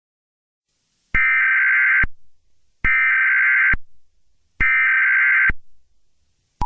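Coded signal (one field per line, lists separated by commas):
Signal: Emergency Alert System (SAME) tones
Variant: header bursts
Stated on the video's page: Fictional EAS scenario set in Oklahoma City; simulated alert.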